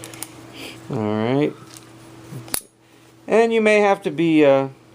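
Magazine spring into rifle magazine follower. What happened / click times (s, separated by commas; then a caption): Spring and follower being worked together; seating not clearly confirmed / none. A Brownells magazine spring is being worked onto a new Magpul polymer follower for an AR-15 magazine, with the follower's post meant to pass through the spring's eyelet. Someone talks while small handling taps and clicks are heard, with a sharp tick near 2.5 s. Nothing has seated or snapped into place yet by the end of the clip.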